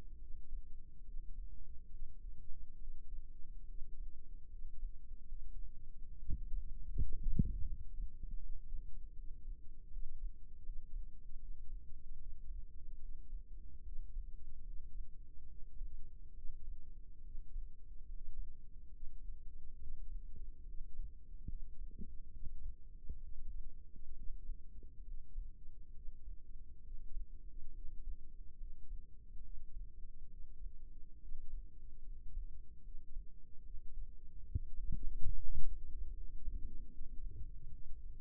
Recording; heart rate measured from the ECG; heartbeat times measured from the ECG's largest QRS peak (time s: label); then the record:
heart sounds by microphone in the left ear; 72 bpm
0.20 s: heartbeat
1.06 s: heartbeat
1.92 s: heartbeat
2.80 s: heartbeat
3.68 s: heartbeat
4.51 s: heartbeat
5.28 s: heartbeat
6.09 s: heartbeat
6.88 s: heartbeat
7.66 s: heartbeat
8.41 s: heartbeat
9.17 s: heartbeat
9.92 s: heartbeat
10.65 s: heartbeat
11.41 s: heartbeat
12.19 s: heartbeat
13.01 s: heartbeat
13.85 s: heartbeat
14.65 s: heartbeat
15.49 s: heartbeat
16.36 s: heartbeat
17.25 s: heartbeat
18.07 s: heartbeat
18.93 s: heartbeat
19.80 s: heartbeat
20.67 s: heartbeat
21.49 s: heartbeat
22.33 s: heartbeat
23.22 s: heartbeat
24.17 s: heartbeat
25.06 s: heartbeat
25.95 s: heartbeat
26.84 s: heartbeat
27.75 s: heartbeat
28.59 s: heartbeat
29.44 s: heartbeat
30.30 s: heartbeat
31.21 s: heartbeat
32.05 s: heartbeat
32.84 s: heartbeat
33.64 s: heartbeat
34.47 s: heartbeat
35.36 s: heartbeat
36.16 s: heartbeat
36.91 s: heartbeat
37.71 s: heartbeat
From the record:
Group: healthy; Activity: rest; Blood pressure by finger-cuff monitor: 80/55 mmHg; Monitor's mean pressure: 64 mmHg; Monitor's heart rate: 72 bpm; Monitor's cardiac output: 6.1 L/min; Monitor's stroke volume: 85 mL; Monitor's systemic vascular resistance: 740 dyn s/cm5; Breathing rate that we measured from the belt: 16 breaths a minute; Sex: male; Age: 22 years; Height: 181 cm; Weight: 79 kg